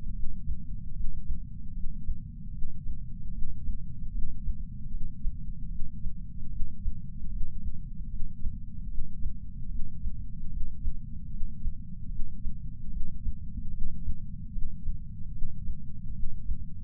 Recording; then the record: heart sounds by patch sensor on the chest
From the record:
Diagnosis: coronary artery disease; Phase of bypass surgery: postoperative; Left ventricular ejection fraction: 62.4%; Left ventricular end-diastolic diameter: 42 mm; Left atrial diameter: 34 mm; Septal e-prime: 9 cm/s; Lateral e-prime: 10 cm/s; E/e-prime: 10.4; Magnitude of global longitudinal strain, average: 12.8%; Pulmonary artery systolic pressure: 24 mmHg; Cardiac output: 5.9 L/min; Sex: male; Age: 63 years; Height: 165 cm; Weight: 70 kg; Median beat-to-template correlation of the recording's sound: 0.92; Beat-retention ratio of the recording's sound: 0.96